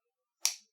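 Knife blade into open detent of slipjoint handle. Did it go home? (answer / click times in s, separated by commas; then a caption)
yes / 0.5 s. The blade of a Qvist Bladeworks Variant PE V3 swayback framelock slipjoint knife is opened from a pinch grip further up the blade. It snaps into the open detent of the slipjoint handle with a single sharp, bright snap at 0.5 s, which fades quickly. The blade seats in the open position with a very nice snap.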